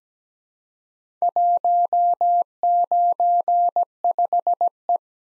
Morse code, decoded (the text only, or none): 195E